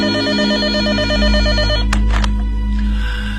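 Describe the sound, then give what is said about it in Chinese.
A telephone rings early in the morning, waking a sleeper, with a rapid, pulsing electronic trill, loud and steady for nearly two seconds, then a few sharp clattering knocks cut in and the ringing fades out. “结果这天一早，苗正还在睡梦中就被电话吵醒了。”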